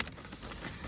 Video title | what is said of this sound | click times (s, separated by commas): How To Changes Stereo in a Toyota Hilux 2016 to 2020 - DIY Step by Step | So just make sure your clips go in properly. You should hear them click. | 0.0 s